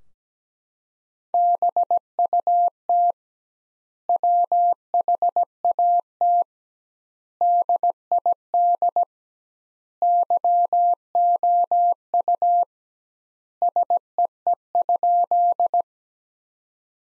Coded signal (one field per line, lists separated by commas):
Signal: Morse code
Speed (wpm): 17 wpm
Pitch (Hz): 700 Hz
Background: none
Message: BUT WHAT DID YOU SEE?